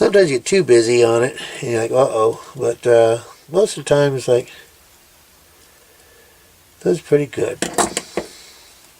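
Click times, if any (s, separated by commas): 8.0 s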